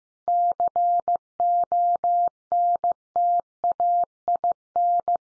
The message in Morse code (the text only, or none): CONTAIN